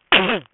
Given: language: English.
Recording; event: throat vibration sensor signal played as sound; cough